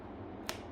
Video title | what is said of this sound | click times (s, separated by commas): Review Bidet Portable ONDA! | Nah, pada saat kalian putar tuh kalian bisa dengar ada suaranya tek gitu. | 0.5 s